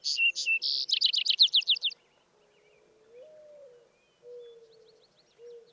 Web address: songs Vesper Sparrow